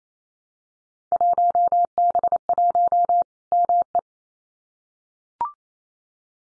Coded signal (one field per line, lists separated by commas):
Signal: Morse code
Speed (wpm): 28 wpm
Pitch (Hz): 700 Hz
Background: none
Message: 1B1 ME